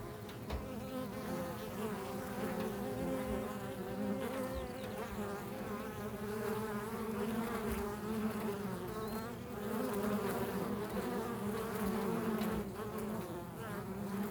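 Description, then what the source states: Bees humming in a continuous drone, steady in level from start to end. Bees in a field.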